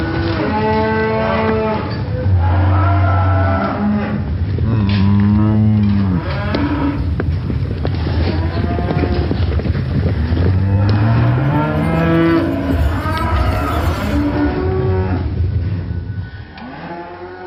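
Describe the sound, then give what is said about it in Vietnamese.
A herd of cattle stampedes across a ditch, mooing continuously, many overlapping low bellows and drawn-out calls rising and falling, with a steady rumbling bed of hoofbeats underneath, fading slightly at the end. “Cũng không biết bao lâu sau, đàn bò kêu giống thảm thiết ấy mới xông hết qua cái rãnh.”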